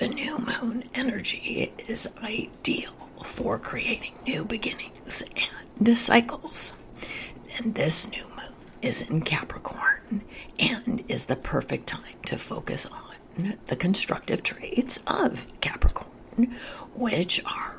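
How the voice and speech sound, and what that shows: Adult woman speaking with spasmodic dysphonia, a vocal condition that makes her voice sound hoarse and at risk of giving out.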